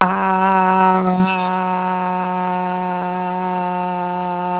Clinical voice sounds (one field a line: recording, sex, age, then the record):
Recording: sustained vowel /a/ by telephone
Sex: female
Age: 30 to 39 years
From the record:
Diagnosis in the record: healthy control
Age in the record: 35 years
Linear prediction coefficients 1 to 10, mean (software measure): 1.70, -1.33, 0.68, -0.61, 0.46, 0.04, -0.32, 0.20, 0.11, -0.13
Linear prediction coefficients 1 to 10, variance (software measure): 0.051, 0.229, 0.245, 0.153, 0.119, 0.057, 0.040, 0.059, 0.034, 0.006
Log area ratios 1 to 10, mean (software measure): -2.23, 2.15, -0.44, 0.14, -0.71, 0.25, -0.11, -0.31, 0.24, 0.27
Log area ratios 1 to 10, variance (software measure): 0.125, 0.160, 0.114, 0.099, 0.091, 0.097, 0.090, 0.038, 0.064, 0.024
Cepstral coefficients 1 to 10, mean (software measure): 1.70, 0.15, 0.06, -0.31, -0.20, 0.17, -0.01, -0.02, 0.20, 0.08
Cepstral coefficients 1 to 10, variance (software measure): 0.051, 0.037, 0.011, 0.016, 0.006, 0.011, 0.009, 0.004, 0.005, 0.002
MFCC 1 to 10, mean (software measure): -4.43, 1.50, -0.70, -0.32, 0.11, 0.86, 0.13, 0.65, -0.72, -0.46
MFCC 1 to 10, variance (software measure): 0.490, 0.039, 0.070, 0.077, 0.066, 0.038, 0.088, 0.077, 0.085, 0.037